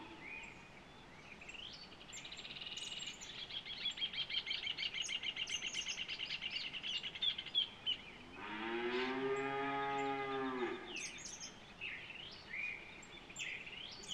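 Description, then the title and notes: Rufous Hornero duet: a loud, rapid chattering series of sharp notes running several seconds; a cow moos afterward while other birds chirp in the background. Pair duetting at dawn in a house patio, domestic setting, Rincón de Paiva, Centurión, Cerro Largo, Uruguay; 1 October 2023; recorded with a Zoom H4n Pro. "Amanecer en el Rincón de Paiva (Centurión, Cerro Largo). Horneros en dueto"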